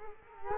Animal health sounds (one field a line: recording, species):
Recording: mosquito wingbeat signal from an infrared sensor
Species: Culex quinquefasciatus